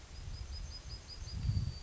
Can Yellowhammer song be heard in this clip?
yes